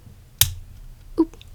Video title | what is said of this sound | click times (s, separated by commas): Lets Build Legos! *ASMR* // MTV Boombox | that was a nice click huh | 0.4 s